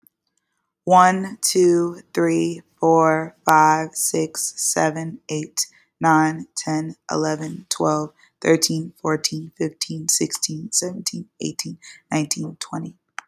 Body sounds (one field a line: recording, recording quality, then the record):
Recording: counting at a normal pace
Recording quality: excellent, no background noise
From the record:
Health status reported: healthy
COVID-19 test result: negative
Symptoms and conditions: none ticked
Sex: female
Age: 26 years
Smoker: not ticked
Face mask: not worn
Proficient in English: yes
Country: United States